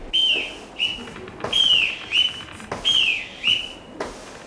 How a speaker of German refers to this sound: Deckscheuer nach der Pfeife des Bootsmannes.